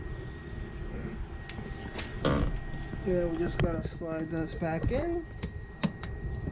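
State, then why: Seated. On an Audi Q3, the fog light housing is slid back into the front bumper opening while someone talks, with scraping and handling noise. A second retaining clip snaps home with a sharp click at 5.8 s, seating the fog light assembly.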